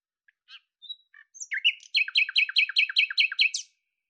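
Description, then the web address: Bird song: scattered chirps and whistles speeding up into a rapid, regular series of paired high-and-low notes lasting nearly two seconds. "Deverinetal 2025"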